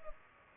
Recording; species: mosquito wingbeat signal from an infrared sensor; Culex pipiens